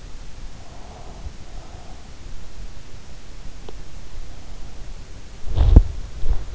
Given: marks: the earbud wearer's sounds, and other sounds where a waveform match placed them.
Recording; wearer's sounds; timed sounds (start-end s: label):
sounds in sleep by an in-ear microphone; breath, body movement
0.69-1.95 s: breath
5.34-6.55 s: body movement